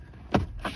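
A plastic dash trim piece beside the glove box of a Chevy Cruze is pushed into its clips in the dashboard during a cabin filter replacement. A sharp snap is heard at about 0.4 s, followed by a softer click at about 0.7 s over a low background rumble. The trim piece seats.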